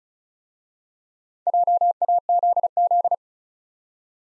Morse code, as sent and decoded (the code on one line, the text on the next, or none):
.--- .- --.. --..
JAZZ